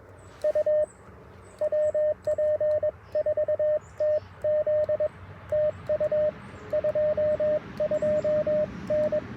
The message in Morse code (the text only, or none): U WP4TZ TU 22N